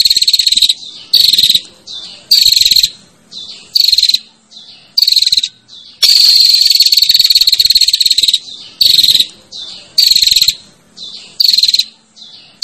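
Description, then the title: Prinia giving loud, grating buzzes, mostly short bursts about every second, broken by one long sustained buzz midway. Female calling the male with the 'ngecirrr' call. "Suara Prenjak Betina Ngecirrr Memanggil Prenjak Jantan"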